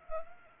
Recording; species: mosquito wingbeat signal from an infrared sensor; Anopheles arabiensis